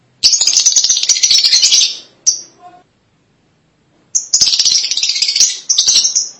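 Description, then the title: Lovebird chatter in two long grating, rattling bursts separated by a quiet pause of over a second. "BM Suara Burung Lovebird"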